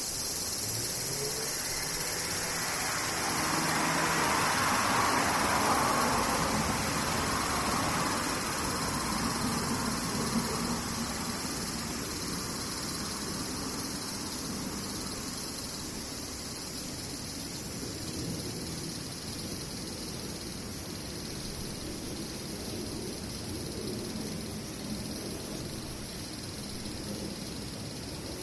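Cicadas keep up a steady, high-pitched drone with a shrill, hissing edge that hardly changes over the whole half minute. Underneath, a low rumble like passing traffic swells between about three and ten seconds, then fades back to a softer murmur.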